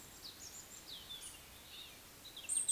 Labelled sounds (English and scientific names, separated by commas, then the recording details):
Eurasian Woodcock (Scolopax rusticola) whistle
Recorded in Baden-Württemberg, Germany, on 17 June 2021 at 19:50 UTC
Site 25832, 648 m above sea level